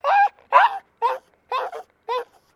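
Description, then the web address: Maltese dog whining, five short nasal whimpers repeated about every half second, each a brief wavering cry, with silence between. Small Maltese terrier in a distressed state. "Sound Effects-Foundation 2 DOG MALTESE TERRIER DISTRESSED WHINE"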